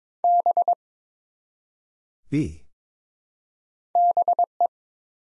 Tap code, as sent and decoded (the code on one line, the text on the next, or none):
none